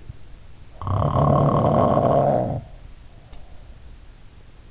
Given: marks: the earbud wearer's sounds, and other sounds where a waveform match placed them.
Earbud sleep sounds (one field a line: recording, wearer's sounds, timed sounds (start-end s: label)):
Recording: sounds in sleep by an in-ear microphone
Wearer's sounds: snoring breath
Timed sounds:
0.66-4.20 s: snoring breath